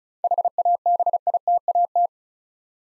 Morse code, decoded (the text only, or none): HABITAT